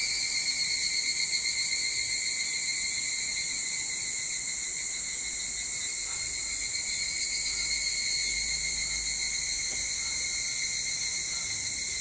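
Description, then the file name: Evening cicadas droning continuously in a high shrill chorus, even in loudness. Recorded 22 July 2023 at 04:40. "higurashi 230722 0440"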